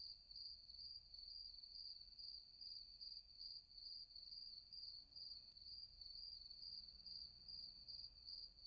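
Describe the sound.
Rapid rhythmic cricket chirping, a shrill pulsing note about two and a half times per second, with a soft low hum behind it.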